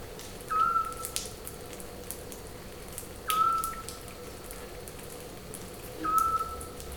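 Scops owl call: a short, pure whistled note repeated about every two and a half to three seconds, three notes in all, over faint ticking and hiss.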